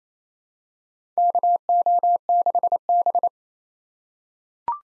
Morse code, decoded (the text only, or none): KO6B